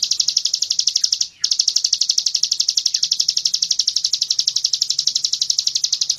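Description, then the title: Bird's high, rapid pulsed trill, briefly broken by a short gap early on, then continuing steadily; faint low hum beneath. Masteran song, made for training songbirds. "Suara masteran Burung"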